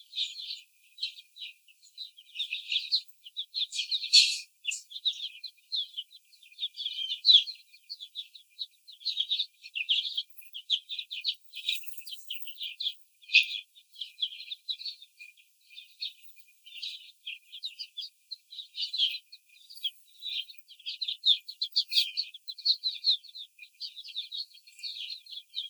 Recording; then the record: young laying hens in a cage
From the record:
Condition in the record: after the stressor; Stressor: simulated dog barking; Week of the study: 4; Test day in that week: 2